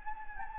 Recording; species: mosquito wingbeat signal from an infrared sensor; Anopheles gambiae